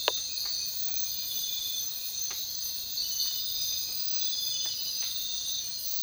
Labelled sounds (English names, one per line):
none